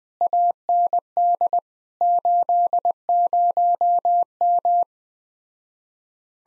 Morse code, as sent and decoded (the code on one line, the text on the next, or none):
.- -. -.. / ---.. ----- --
AND 80M